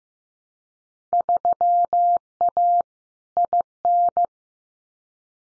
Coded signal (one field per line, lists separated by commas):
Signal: Morse code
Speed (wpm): 15 wpm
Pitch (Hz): 700 Hz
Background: none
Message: 3A IN